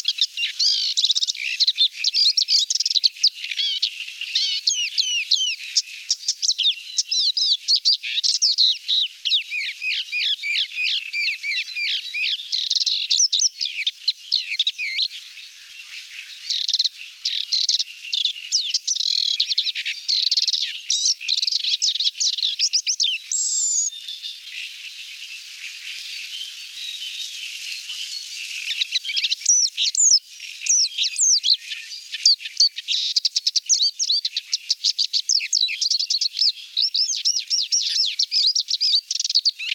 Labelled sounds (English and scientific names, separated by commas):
Paddyfield Warbler (Acrocephalus agricola) song